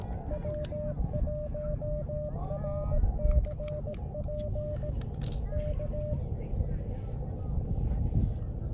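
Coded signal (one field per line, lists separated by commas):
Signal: Morse code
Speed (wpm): 18 wpm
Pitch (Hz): 600 Hz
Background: none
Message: W1RCP K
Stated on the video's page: CW calls during a combined SOTA/POTA activation on a summit, Elecraft KX2 with Elecraft key, MFJ-1898 telescoping antenna, 12 watts.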